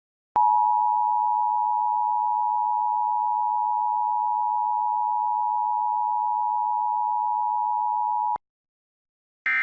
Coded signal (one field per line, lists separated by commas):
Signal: Emergency Alert System (SAME) tones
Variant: 853 and 960 Hz attention tone